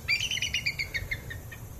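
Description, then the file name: Bald eagle's rapid piping chatter, a string of high notes slowly falling in pitch and fading, with low rumbling noise beneath. "American Bald Eagle"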